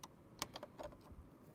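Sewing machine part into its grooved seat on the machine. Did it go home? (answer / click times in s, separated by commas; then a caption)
no / none. A sewing machine part is pushed against its grooved seat on the machine, giving a few short, sharp plastic-like ticks and taps at about 0.0, 0.4, 0.6 and 1.6 seconds over a quiet background. The part sits at the groove but does not snap in, and nothing has seated or clicked yet, though it went straight in at the repair shop.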